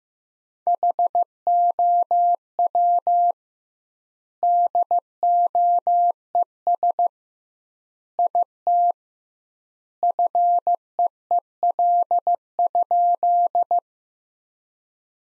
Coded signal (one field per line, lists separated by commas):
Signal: Morse code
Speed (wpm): 15 wpm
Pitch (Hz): 700 Hz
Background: none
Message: HOW DOES IT FEEL?